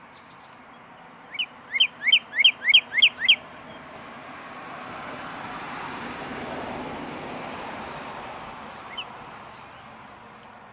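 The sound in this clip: Northern cardinal song: a quick series of seven sharp slurred whistles, evenly spaced and lasting about two seconds, then a steady low hiss with a few faint chips.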